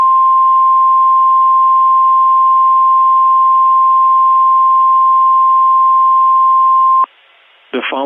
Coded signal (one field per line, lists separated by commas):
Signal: Emergency Alert System (SAME) tones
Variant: 1050 Hz attention tone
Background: speech